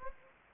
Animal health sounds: mosquito wingbeat signal from an infrared sensor; Anopheles gambiae

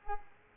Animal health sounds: mosquito wingbeat signal from an infrared sensor; Culex pipiens

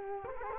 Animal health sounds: mosquito wingbeat signal from an infrared sensor; Culex quinquefasciatus

